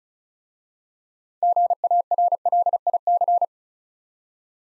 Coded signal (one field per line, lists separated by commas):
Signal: Morse code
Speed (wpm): 36 wpm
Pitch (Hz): 700 Hz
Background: none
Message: GARLIC